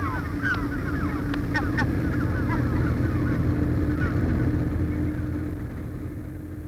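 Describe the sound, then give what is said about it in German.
Several short, squawking gull cries break out in a loose, irregular burst over a steady low engine-like hum, then fade as the hum carries on alone. “Aber die Möwen, Mama, sind hier genauso weiß wie anderswo.”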